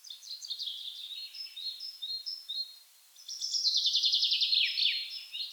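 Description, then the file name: Common chaffinch song: a faint opening series of high, rattling notes, then a louder, rapid, vigorous trill that drops at the end into a short flourish. "Fringilla coelebs"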